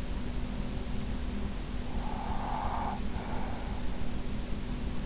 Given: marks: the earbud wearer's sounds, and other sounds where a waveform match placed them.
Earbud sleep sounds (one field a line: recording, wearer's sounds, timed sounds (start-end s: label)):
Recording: sounds in sleep by an in-ear microphone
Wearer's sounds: breath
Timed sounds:
1.74-4.26 s: breath